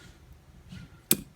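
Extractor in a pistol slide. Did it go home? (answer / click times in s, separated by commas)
released / 1.1 s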